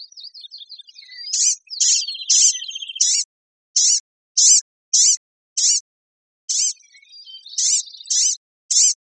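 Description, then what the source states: Blue-grey gnatcatcher uttering high nasal call notes in irregular runs, with buzzy trilled phrases at the start and near the end. Recorded in Costa Rica.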